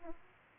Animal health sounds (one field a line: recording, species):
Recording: mosquito wingbeat signal from an infrared sensor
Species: Aedes aegypti